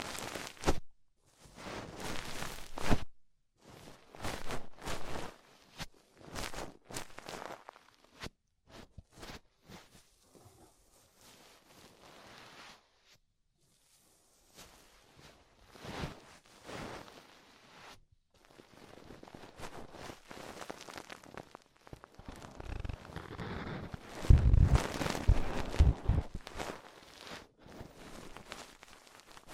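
Ear exploration sounds made of crisp, crackling and rustling bursts that come in short clusters, separated by brief pauses and one near-silent gap around 13 seconds. The texture is bright and scratchy, growing denser and louder after 20 seconds with a strong peak near 25 seconds.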